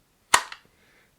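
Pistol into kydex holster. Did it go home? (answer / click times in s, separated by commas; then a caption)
yes / 0.3 s. A pistol is pushed into a molded kydex AIWB holster and snaps past the retention at 0.3 s with a sharp, bright click. A softer secondary tick follows at 0.5 s before the sound dies away. The pistol is seated in the holster with a very positive, satisfying click.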